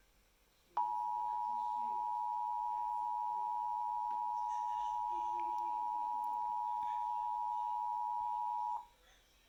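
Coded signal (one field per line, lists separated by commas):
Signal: Emergency Alert System (SAME) tones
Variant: 853 and 960 Hz attention tone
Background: speech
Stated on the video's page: Tornado warning from NWS Birmingham.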